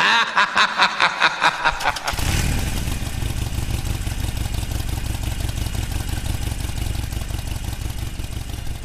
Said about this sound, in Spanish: No podía marcharme unos días sin despedirme, aunque tampoco esperar, ya lo veis, la moto en marcha.